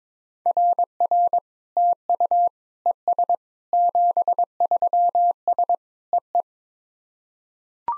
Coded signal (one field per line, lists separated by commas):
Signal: Morse code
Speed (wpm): 22 wpm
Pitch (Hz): 700 Hz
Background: none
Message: RR TU ES 73S EE